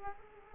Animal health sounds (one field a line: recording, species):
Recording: mosquito wingbeat signal from an infrared sensor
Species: Culex quinquefasciatus